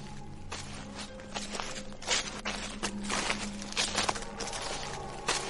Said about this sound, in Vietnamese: Bước chân của bà ấy dẫm qua cái đám lá khô được phơi làm thuốc, cứ sột soạt, nghe đến nổi cả da gà.